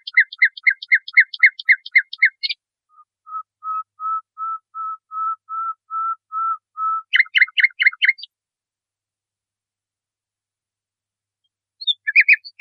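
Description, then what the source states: Nightingale song: a run of chirpy doubled notes, then a long series of even, low whistles, then a burst of fast varied notes, and after a pause more notes begin. Masteran training song for teaching cage birds.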